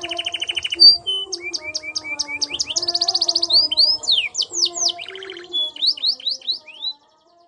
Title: Canto Para Esquentar Canário Belga. Kenari AF gacor panjang bagus untuk masteran, Kenari muda cepat gacor ngerol panjang